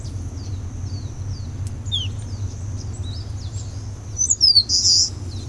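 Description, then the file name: Eastern crowned warbler: one high phrase of falling whistles and a rasping buzz near the end, preceded by scattered soft chips. "warbler-eastern-crowned -Phylloscopus-coronatus"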